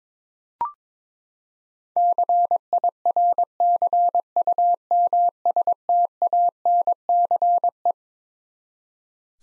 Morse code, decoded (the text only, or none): CIRCUMSTANCE